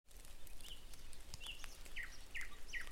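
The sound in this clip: Bird calls, five short thin chirps, two higher then three slightly lower, over a steady background hiss.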